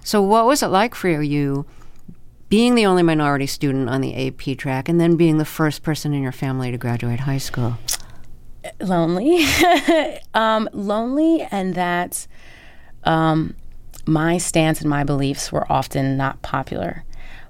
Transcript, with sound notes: So what was it like for you being the only minority student on the AP track and then being the first person in your family to graduate high school?
Lonely (laughter) - lonely and that my stance and my beliefs were often not popular.